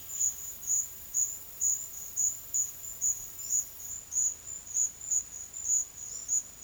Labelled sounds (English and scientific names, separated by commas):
none